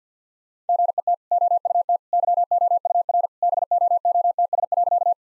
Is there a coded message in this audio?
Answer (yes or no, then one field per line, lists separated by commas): yes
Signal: Morse code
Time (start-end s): 0.7-5.1 s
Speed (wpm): 50 wpm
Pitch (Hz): 700 Hz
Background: none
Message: GET OUT YOUR BOOTS.